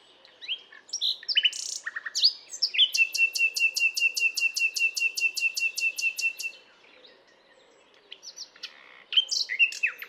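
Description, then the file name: Common nightingale song: varied chirps, then a long, steady series of loud repeated notes lasting several seconds, then a pause and more chatter. "Luscinia megarhynchos"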